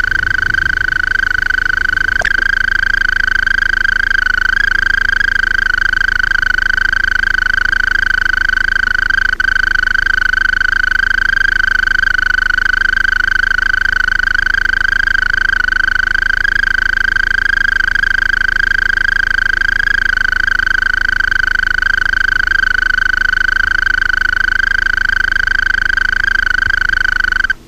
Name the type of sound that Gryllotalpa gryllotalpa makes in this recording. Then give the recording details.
stridulation. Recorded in the wild. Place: Sandeck, AT. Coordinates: 47.7364, 16.7706. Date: 1964-05-18. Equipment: Uher Report 4000, AKG D190. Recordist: Krey, Winfried